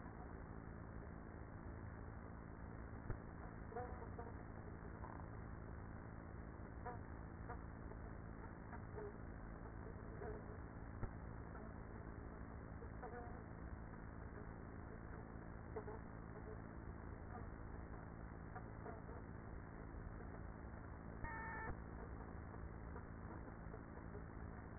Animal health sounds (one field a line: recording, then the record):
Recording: honeybee colony, microphone inside the hive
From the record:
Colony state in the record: queenless with a low population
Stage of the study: after two queens were removed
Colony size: about 30,000 bees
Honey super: no